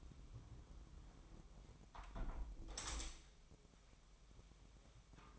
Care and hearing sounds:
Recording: daily activity, microphone in the room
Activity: close window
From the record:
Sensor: 1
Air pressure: 1006.5 hPa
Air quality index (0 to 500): 209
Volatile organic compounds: 24 ppm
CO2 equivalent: 2817 ppm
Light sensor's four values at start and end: 12/32/12/14 and 12/31/12/13

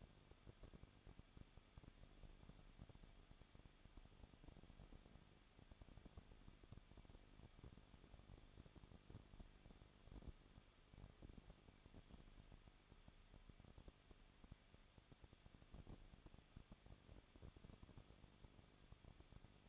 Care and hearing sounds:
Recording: daily activity, microphone in the room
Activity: no activity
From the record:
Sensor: 4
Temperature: 23.1 degrees Celsius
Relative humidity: 34.0%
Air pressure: 1007.2 hPa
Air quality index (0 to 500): 215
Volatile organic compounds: 15 ppm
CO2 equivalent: 2479 ppm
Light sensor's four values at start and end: 2/3/1/1 and 2/3/1/1

